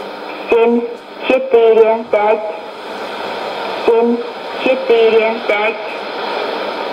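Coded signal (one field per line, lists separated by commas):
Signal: numbers station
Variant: S06s, Russian language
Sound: a woman's voice reads short words with pauses between them over shortwave hiss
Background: radio static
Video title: 27 06 2018 S06s Russian Lady numbers station in Russian to Eu 0730 on 12110 unknown tx site USB+AM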